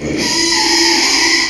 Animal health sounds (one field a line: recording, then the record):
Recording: squeal of a Yucatan mini pig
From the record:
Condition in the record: after surgery on the right vocal fold (resection and tissue-engineered implant)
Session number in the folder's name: 2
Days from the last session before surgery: 13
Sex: male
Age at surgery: 12 weeks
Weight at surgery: 13 kg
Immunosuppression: cyclosporine, prednisolone